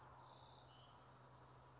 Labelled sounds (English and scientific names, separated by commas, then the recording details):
Bewick's Wren (Thryomanes bewickii)
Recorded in Sonoma County, California